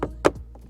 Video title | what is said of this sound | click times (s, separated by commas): How to Replace Map, Dome, & Trunk Lighting in 2020 WRX @AUXITOLED | into the light fixture and then these just snap right into place and it's back on that simple | 0.0 s, 0.3 s